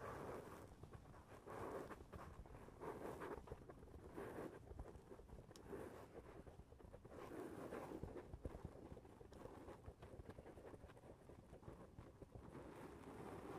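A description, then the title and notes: Tapping on the roof of a foam house: a dense, unbroken patter of soft, dull taps, many overlapping, with slightly busier swells every couple of seconds. A low rumble and hiss sit steadily underneath the whole time. Tapping on the roof of your foam house.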